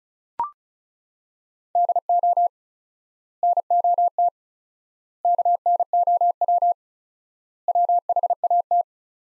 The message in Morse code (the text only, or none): DO NOT KNOW WHAT